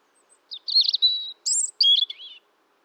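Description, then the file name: European robin song phrase: a high, sweet, wavering warble followed by quick tinkling notes and a short trill, in clean quiet surroundings. "Erithacus rubecula"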